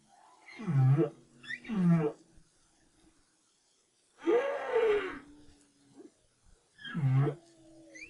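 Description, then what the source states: Humpback whale singing groaning, wavering moans in short bursts, one longer rising-then-falling whoop and a thin tonal trail, separated by brief silences. Recorded in 2011 as part of the BRAHSS project.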